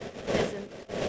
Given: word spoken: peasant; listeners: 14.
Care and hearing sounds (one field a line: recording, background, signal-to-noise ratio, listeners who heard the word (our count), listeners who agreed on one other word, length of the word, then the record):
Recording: one English word in noise, from a listening test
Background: noise modulated by three-talker babble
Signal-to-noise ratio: -7.9 dB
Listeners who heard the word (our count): 3 of 14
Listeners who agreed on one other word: 10 of 14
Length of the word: 0.69 s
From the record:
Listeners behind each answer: 10, 3, 1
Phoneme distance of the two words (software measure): 17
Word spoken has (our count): 2 syllables, 5 phonemes, stress on syllable 1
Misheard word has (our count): 2 syllables, 6 phonemes, stress on syllable 1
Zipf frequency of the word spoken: 3.43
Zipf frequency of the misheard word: 4.19